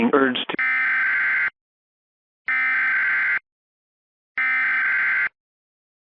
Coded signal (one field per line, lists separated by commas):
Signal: Emergency Alert System (SAME) tones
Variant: header bursts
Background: speech